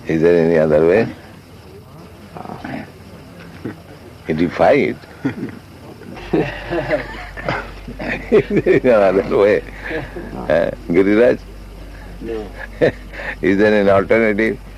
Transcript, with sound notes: Is there any other way? You defy it. [laughs] If there no other way? Girirāja?
No.
Is there any alternative,